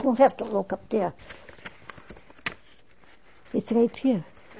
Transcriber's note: shuffles papers